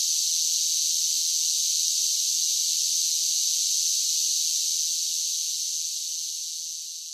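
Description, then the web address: Cicadas producing a continuous shrill buzzing drone that gradually fades toward the end. "Blast Wave Insect Cicadas"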